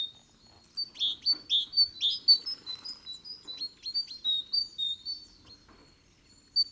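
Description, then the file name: Great tit calls: a fast series of high chirpy notes, some sharper and louder, about four a second with brief pauses. "Parus major"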